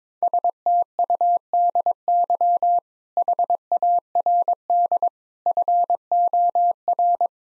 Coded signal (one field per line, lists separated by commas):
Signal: Morse code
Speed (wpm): 22 wpm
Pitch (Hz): 700 Hz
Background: none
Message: STUDY HARD FOR